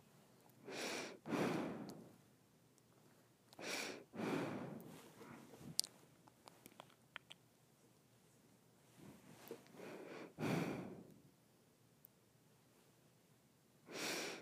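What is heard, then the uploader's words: Slow breathing through the nose, each breath a soft airy rush lasting about a second, often in inhale–exhale pairs, near 1, 4, 10 and 14 seconds. Between breaths there are quiet stretches with faint small clicks and ticks. ASMR Nose Breathing.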